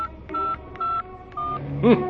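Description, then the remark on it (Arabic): A mobile phone being dialed to call a woman, in the TV series Al-Khida'a: a series of steady electronic keypad tones, each lasting a fraction of a second with short gaps, ending in a brief wavering chirp. “ماشي يا ستي اتفضلي كلميها على الموبايل.”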